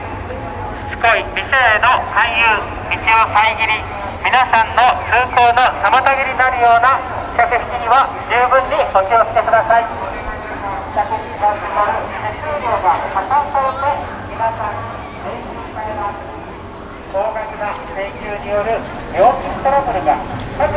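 Street in Shinjuku, Tokyo, with continuous overlapping voices talking, sharp footstep-like clicks scattered throughout, and a steady low rumble underneath.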